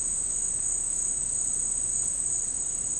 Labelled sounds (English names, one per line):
none